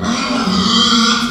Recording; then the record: squeal of a Yucatan mini pig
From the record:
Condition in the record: after surgery on the right vocal fold (resection and tissue-engineered implant); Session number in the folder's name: 16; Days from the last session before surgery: 183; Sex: female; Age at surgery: 19 weeks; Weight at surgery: 25 kg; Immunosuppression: prednisolone